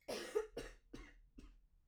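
An adult coughs four times in quick succession, each cough weaker than the one before.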